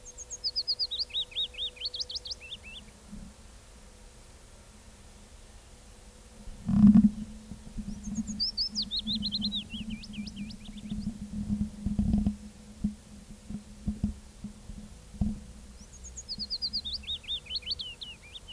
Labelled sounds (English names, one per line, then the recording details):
Willow Warbler song
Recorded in the wild
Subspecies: trochilus
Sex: male
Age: adult
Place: Lausanne, Waadt, CH
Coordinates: 46.55, 6.68333
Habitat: forest
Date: 1964-05-11 10:15
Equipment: Nagra III PH, Parabolspiegelmikrophon, LGS26
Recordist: Sapper and Schneider, H.-J